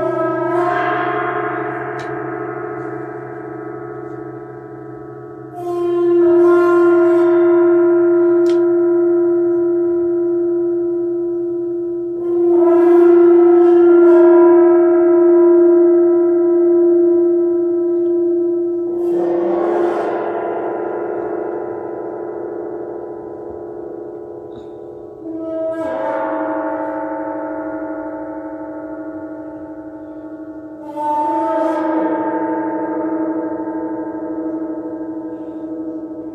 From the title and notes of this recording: Heart Gong Immersion by Sound Alchemist Julie Jewels Smoot.